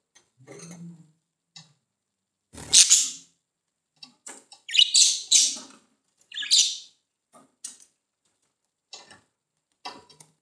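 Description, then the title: Budgerigar calls, loud bright chirps in separate bursts with softer clicks and ticks between them. "Budgie Sounds"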